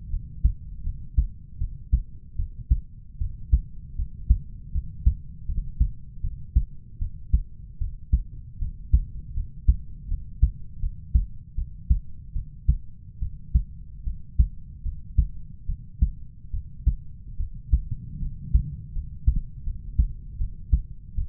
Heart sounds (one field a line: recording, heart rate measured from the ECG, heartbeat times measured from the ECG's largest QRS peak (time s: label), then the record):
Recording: heart sounds by stethoscope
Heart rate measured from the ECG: 77 bpm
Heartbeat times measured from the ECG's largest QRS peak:
0.09 s: heartbeat
0.83 s: heartbeat
1.58 s: heartbeat
2.36 s: heartbeat
3.18 s: heartbeat
3.95 s: heartbeat
4.71 s: heartbeat
5.45 s: heartbeat
6.21 s: heartbeat
6.98 s: heartbeat
7.78 s: heartbeat
8.58 s: heartbeat
9.33 s: heartbeat
10.07 s: heartbeat
10.79 s: heartbeat
11.55 s: heartbeat
12.33 s: heartbeat
13.19 s: heartbeat
14.03 s: heartbeat
14.82 s: heartbeat
15.66 s: heartbeat
16.51 s: heartbeat
17.37 s: heartbeat
18.19 s: heartbeat
18.92 s: heartbeat
19.63 s: heartbeat
20.37 s: heartbeat
21.15 s: heartbeat
From the record:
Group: healthy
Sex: male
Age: 20 years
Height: 187 cm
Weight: 68.9 kg